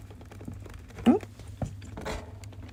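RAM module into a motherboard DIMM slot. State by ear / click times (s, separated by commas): not seated / none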